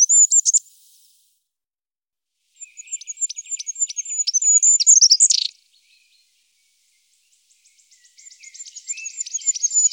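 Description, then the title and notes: Goldcrest song: very high, thin phrases with rapid repeated notes that speed up into a twittering end flourish. A short burst, a pause, then a full phrase and another beginning. Recorded in Germany, Austria or Switzerland. "Sounds of birds from Germany, Austria, Switzerland"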